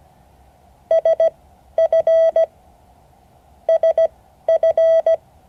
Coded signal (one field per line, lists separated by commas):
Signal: Morse code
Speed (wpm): 17 wpm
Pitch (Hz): 650 Hz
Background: none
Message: SF SF